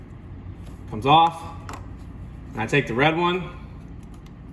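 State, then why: Not seated. A red TRX ignition switch button is handled near its plastic trim bezel in the dash of a 5th-generation Ram 1500 while someone talks. The button has not yet snapped into the bezel, and nothing has seated or clicked by the end of the clip.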